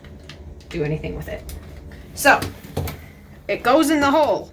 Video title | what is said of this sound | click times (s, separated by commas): Toilet Fill Valve Replacement How To Video - Watch Bloopers at the End | so if you want to hear that snap it's locked in place now i can't | 0.0 s, 0.3 s